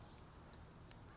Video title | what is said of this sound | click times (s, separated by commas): SAWS - Bahco Laplander and Silky Big Boy | and it'll snap into place, and it locks. | 0.9 s